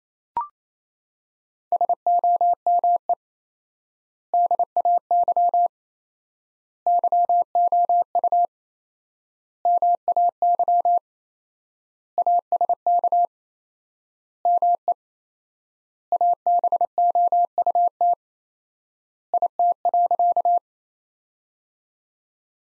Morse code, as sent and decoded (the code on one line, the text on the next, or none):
... --- -- . / -.. .- -.-- / -.-- --- ..- / -- .- -.-- / .- ... -.- / -- . / .- -... --- ..- - / .. - .-.-.-
SOME DAY YOU MAY ASK ME ABOUT IT.